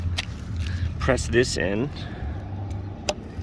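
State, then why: Seated. A stiff, double-latching folding latch lever on the stem of an EVERCROSS EV10K PRO electric scooter is pressed shut by hand while someone talks over a low background hum. A sharp click at 3.1 s shows the fold latch has seated.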